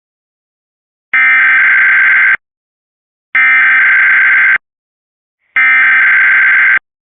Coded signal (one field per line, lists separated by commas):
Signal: Emergency Alert System (SAME) tones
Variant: header bursts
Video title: All EAS Required Tests I played (EAS #13 - EAS #31)